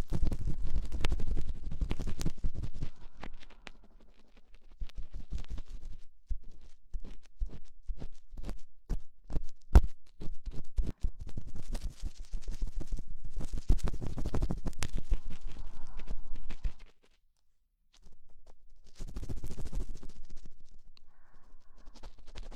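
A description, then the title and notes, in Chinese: Rapid ear-cleaning sounds: dense scratching and rubbing bursts crowded together, with quick regular ticking taps between roughly 5 and 11 seconds. Texture shifts between rough rustling and crisp clicks, pausing briefly near 17 seconds before scratching resumes. 膝枕！掏耳朵，高速触发。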